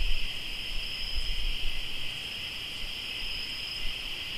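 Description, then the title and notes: Crickets trill continuously in a bright, even chorus, with some low rumbling early on that fades away. Crickets recorded in Tlayacapan, Morelos. "Sonidos de grillos en Tlayacapan - Morelos"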